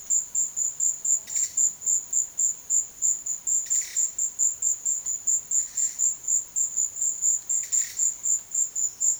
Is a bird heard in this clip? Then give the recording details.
no. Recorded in pastures near Puerto Asís, Putumayo, Colombia, on 22 June 2025 at 12:30. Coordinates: 0.502, -76.324. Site G010